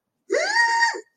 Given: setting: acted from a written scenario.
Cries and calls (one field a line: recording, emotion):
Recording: vocal sound without words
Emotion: elation